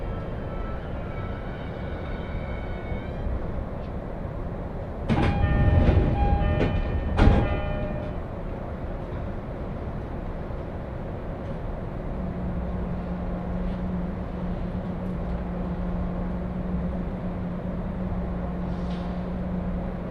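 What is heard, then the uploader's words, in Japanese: A train ride on the Joban Line, with a steady low rumble of the carriage throughout. Around five to seven seconds a louder burst of clattering and squealing passes, then the ride settles back; a low steady drone joins from about twelve seconds on. 耳で楽しむ鉄道旅 常磐線 勝田→石岡。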